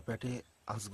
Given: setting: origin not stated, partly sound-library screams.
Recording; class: one-second piece from a danger detection set; normal situation